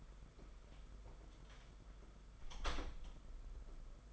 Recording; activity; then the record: daily activity, microphone in the room; close door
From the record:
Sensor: 5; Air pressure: 991.7 hPa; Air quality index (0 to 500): 134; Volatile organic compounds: 86 ppm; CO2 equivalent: 3654 ppm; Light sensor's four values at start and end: 35/115/43/46 and 35/115/43/46